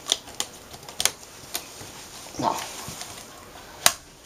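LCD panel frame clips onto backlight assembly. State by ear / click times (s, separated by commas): seated / 0.1 s, 0.4 s, 1.0 s, 3.9 s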